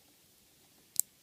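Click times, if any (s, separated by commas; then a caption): 1.0 s. The metal contact strip of an N scale Kato or Atlas Norfolk and Western RS11 locomotive, removed for cleaning, is pushed back onto the two small pins (holes) that hold it in the plastic frame. Over a quiet background, a faint tick is followed by a sharp, bright click at 1.0 s. The strip seats in its holes, showing it is in good shape.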